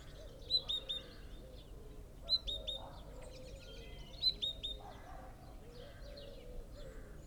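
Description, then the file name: Great tit call: short bursts of three or four high, clipped whistled notes, repeated roughly every two seconds, over a low warbling background of other birds. "Parus major"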